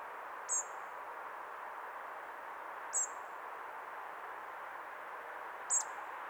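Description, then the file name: Common blackbird uttering three short, sharp, high-pitched call notes spaced a few seconds apart over constant low rushing noise. "Turdus merula"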